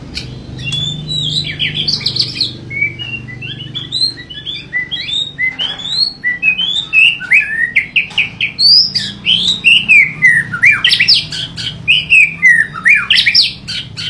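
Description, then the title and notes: White-rumped Shama pouring out a continuous, varied song of fluty whistles, slurred swoops and quick chips. "MURAI BATU MONSTER. Murai Gilaa"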